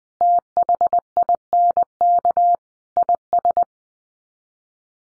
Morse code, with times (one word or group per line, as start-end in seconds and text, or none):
0.2-2.5 THINK
3.0-3.6 IS